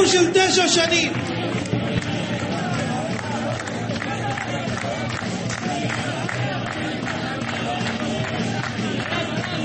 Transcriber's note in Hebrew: מחיאות כפיים